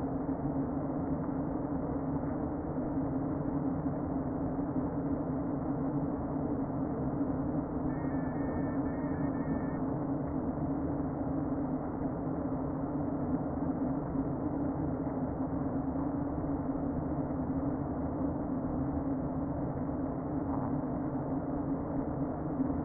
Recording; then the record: honeybee colony, microphone inside the hive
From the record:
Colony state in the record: queen present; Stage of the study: before two queens were removed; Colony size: about 60,000 bees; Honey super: yes